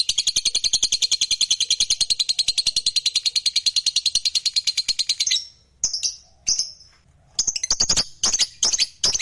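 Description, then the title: Lovebird song of rapid high chattering pulses for about five seconds, then breaking into separate sharp chirps and short bursts. Fighter-type lovebird, singing energetically (gacor). "SUARA Lovebird FIGHTER GACOR"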